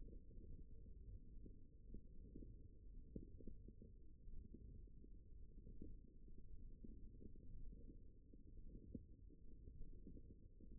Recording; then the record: forearm muscle sounds (acoustic myography)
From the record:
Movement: wrist flexion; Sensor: system 1, eight BSWA MPA416 microphones around the upper forearm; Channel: 4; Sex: female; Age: 21 years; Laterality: right